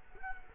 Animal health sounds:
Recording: mosquito wingbeat signal from an infrared sensor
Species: Culex quinquefasciatus

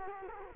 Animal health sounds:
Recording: mosquito wingbeat signal from an infrared sensor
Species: Culex quinquefasciatus

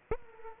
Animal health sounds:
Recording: mosquito wingbeat signal from an infrared sensor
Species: Culex quinquefasciatus

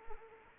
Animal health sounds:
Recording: mosquito wingbeat signal from an infrared sensor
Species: Anopheles arabiensis

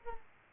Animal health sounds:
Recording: mosquito wingbeat signal from an infrared sensor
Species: Aedes aegypti

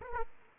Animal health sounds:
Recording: mosquito wingbeat signal from an infrared sensor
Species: Aedes aegypti

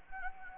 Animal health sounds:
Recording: mosquito wingbeat signal from an infrared sensor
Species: Anopheles gambiae

